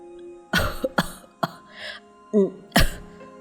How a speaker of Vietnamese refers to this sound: Ông lão lại ho lên sặc sụa, ôm ngực, ông nói thỏ thẻ vào trong điện thoại.